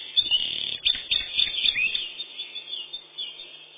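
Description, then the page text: Eurasian wren: a brief, energetic burst of sharp high trills and twitters, easing into softer notes. "Крапивник, или подкоренник, орешек (лат. Troglodytes troglodytes)"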